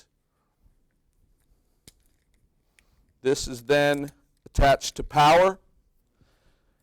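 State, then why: Seated. A distal reamer's square shaft is slid into a quick-connect handle and pulled up so the coupling locks in place. A sharp click at 1.9 s marks the lock, followed by faint ticks around 2.1 s and 2.8 s. From about 3.2 s, someone talks.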